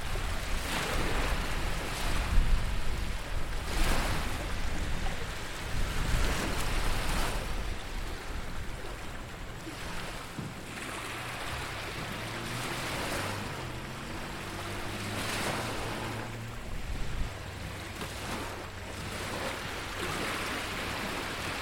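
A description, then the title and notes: Surf washes in at Harvey's Beach, with rushing swells breaking every couple of seconds, loudest over the first seven seconds before settling into a steadier hiss. From about ten to seventeen seconds a low, wavering motor hum rises and falls beneath the water. These relaxing sounds are coming to you from Harvey's Beach.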